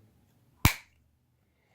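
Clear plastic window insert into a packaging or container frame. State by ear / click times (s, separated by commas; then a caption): seated / 0.6 s. A clear plastic window piece of a product container is pressed back into its frame. A single sharp snap sounds at 0.7 s and fades within about 0.2 s, leaving near silence. The window panel pops back into place and is seated.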